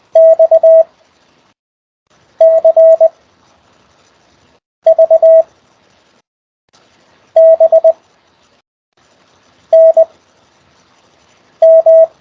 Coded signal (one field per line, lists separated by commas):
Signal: Morse code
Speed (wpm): 20 wpm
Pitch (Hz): 650 Hz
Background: none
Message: X C V B N M